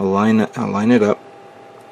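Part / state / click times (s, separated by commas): plastic claw part into a model kit claw assembly / not seated / none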